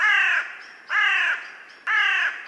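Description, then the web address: Crow cawing: three harsh, hoarse caws, each about half a second long, spaced roughly one second apart. Recorded on 24 February 2019. "2019 02 24 crow"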